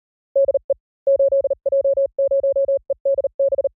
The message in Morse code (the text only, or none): DE 8J0EDB